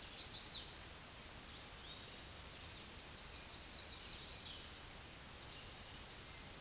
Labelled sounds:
Tennessee Warbler song
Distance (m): 50 m
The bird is about level with the microphone
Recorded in a Pennsylvania forest on 16 May 2024 at 07:33
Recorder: AudioMoth, point MSD-1892
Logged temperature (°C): 14.5 °C
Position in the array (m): 70 m, 59 m

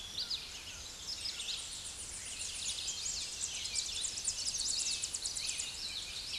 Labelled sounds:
Tennessee Warbler song
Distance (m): 50 m
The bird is about 5 m above the microphone
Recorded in a Pennsylvania forest on 16 May 2024 at 08:28
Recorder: AudioMoth, point MSD-1411
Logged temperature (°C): 16.1 °C
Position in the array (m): 76 m, 199 m

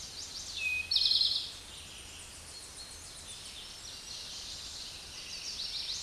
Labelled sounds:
Eastern Towhee song
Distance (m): 15 m
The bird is about 15 m above the microphone
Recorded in a Pennsylvania forest on 16 May 2024 at 07:18
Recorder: AudioMoth, point MSD-2058
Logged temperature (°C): 11.8 °C
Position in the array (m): 68 m, 14 m

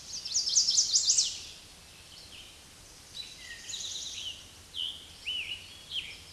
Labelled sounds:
Eastern Towhee song
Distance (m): 20 m
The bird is about 5 m above the microphone
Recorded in a Pennsylvania forest on 16 May 2024 at 06:31
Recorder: AudioMoth, point MSD-2166
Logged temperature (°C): 16.3 °C
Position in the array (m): 93 m, 13 m

